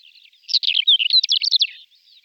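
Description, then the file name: Greater short-toed lark giving a brief, high twittering phrase of quick chirps and one slurred whistle, lasting just over a second, with faint soft notes before and after. "Skrivanek kratkoprsty Calandrella brachydactyla"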